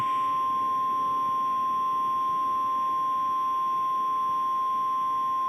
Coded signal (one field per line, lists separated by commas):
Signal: Emergency Alert System (SAME) tones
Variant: 853 and 960 Hz attention tone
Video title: MEMORIAL DAY MADNESS | EAS Alerts from 5/30/2022 (EAS #1177-1201)